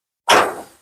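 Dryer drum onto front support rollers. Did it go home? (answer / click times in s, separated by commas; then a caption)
yes / 0.3 s. A Samsung dryer drum is spun clockwise by hand during reassembly until it drops onto its front support rollers. A single sharp pop lands at 0.3 s, then decays over about half a second. The drum is seated on the rollers.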